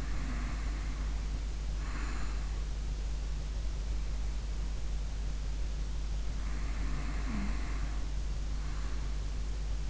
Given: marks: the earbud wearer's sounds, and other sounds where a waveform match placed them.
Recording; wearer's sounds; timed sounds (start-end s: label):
sounds in sleep by an in-ear microphone; snoring breath
0.00-2.51 s: snoring breath
6.33-9.14 s: snoring breath